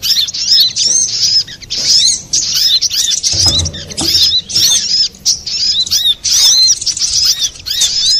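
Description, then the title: Little spiderhunter song: fast, high, scratchy chattering of sharp chirps pouring out in long runs, with a brief low rustling near the middle. Master recording for training cage birds. "Masteran Burung Sogok Ontong Labaik"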